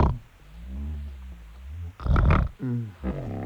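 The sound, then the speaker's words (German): A man, Haraldür, snores loudly and terribly in his sleep: a deep, rumbling drone that rises in pitch over about two seconds, then a harsh, noisy snort, followed by two shorter throaty rasps. No one speaks. “Meinst du, dass wir es im Hinblick auf das Kind bewerkstelligen können, wenn Haraldür so entsetzlich schnarcht?”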